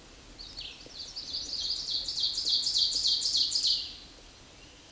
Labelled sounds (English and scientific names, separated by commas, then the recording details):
Ovenbird (Seiurus aurocapilla) song
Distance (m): 15 m
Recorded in a Pennsylvania forest on 17 May 2023 at 13:39
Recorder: AudioMoth, point grid1_7_low
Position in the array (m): 143 m, 70 m